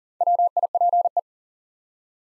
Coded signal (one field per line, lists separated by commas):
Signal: Morse code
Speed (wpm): 38 wpm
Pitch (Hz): 700 Hz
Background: none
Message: WIPE